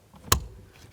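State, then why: Seated. An electrical connector is pushed onto the new HVAC blower motor of a 2007-present Toyota Tundra. After a quiet lead-in, a single sharp, broadband click rings out at 0.3 s, with faint rustling before and after. The connector's latch seats.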